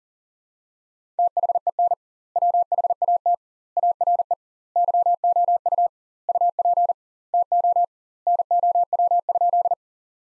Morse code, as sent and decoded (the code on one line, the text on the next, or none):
- .... . -. / .-- .... .- - / .- .-. . / -.-- --- ..- / ..- .--. / - --- / -. --- .-- ..--..
THEN WHAT ARE YOU UP TO NOW?